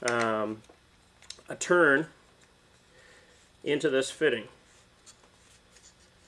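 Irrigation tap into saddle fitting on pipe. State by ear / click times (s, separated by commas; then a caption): not seated / none. An irrigation tap is turned by hand into the push-in fitting of a Hydro-Rain Blu-Lock Nitro saddle clamped on poly pipe, while someone talks in short bursts. Faint handling noises come between the speech. The tap has not snapped in or seated yet when the clip ends.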